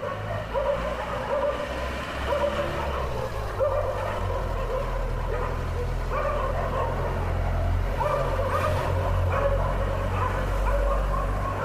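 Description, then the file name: A dog barks sporadically in short harsh bursts while vehicles rumble steadily in the background. "mylittlestraydog"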